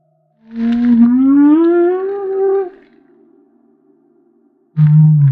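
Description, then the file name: Humpback whale song: a long rising whoop climbing steadily in pitch over about two seconds, then a pause and a low moan beginning at the end. Recorded off Maui. "Humpback Whale - Maui Whale One"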